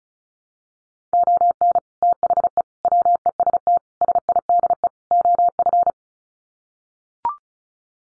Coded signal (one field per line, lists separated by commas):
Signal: Morse code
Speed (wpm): 34 wpm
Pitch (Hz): 700 Hz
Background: none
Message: ON THE WEST SIDE OF